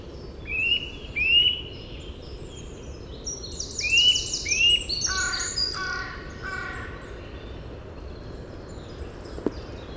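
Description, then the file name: Eurasian nuthatch calls, two pairs of whistled notes, while other birds chatter and trill and a faint click sounds near the end. "Sitta europaea"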